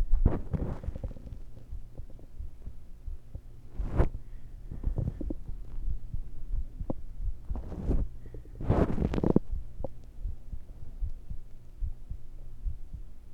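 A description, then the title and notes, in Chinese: A heartbeat thuds low, with soft, dull beats repeating at a steady pace under a faint constant hum. Louder rustling bursts rise near the start, around four to five seconds, near eight seconds and again around nine seconds. 心跳 & 呼吸。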